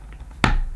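The solution tube end of a Karcher SE 4001 multifunction vacuum cleaner is pushed down hard into its plastic fitting on the cleaner. After a faint tap near 0.1 s, a sharp, loud snap at 0.5 s marks the tube end seating in position.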